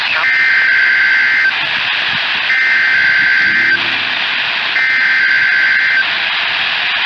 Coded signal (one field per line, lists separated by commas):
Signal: Emergency Alert System (SAME) tones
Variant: header bursts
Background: speech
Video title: Tennessee Mockery from Utah... EAS Alerts from 10/5/20-10/23/20 (EAS #392-404)